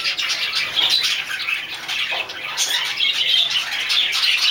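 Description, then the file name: Budgerigar chatter: rapid squeaky chirps and warbled notes run together without pause, high and scratchy, filling the whole short stretch. "dutch sound budgie"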